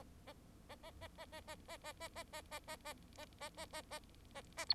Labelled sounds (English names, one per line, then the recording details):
Bengalese Finch song
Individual Bird4